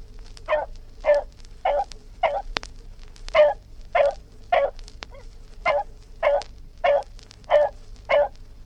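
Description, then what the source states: Dog giving a run of about a dozen sharp barks, with faint clicks and a low background hum. Dog barking; historical BBC collection.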